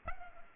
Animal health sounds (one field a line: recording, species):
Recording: mosquito wingbeat signal from an infrared sensor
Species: Culex pipiens